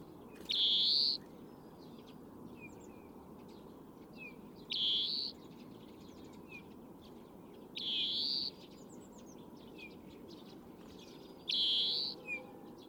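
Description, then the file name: European greenfinch repeating a drawn-out wheezing buzz four times, about every three and a half seconds, while soft thin twitters from other birds sound in the gaps. "Chloris chloris"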